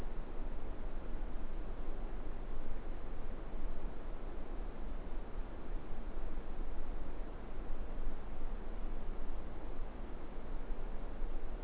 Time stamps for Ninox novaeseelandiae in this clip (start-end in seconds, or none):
none